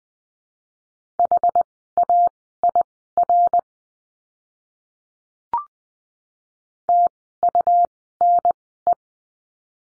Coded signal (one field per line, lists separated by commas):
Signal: Morse code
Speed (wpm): 20 wpm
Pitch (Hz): 700 Hz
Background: none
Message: HAIR TUNE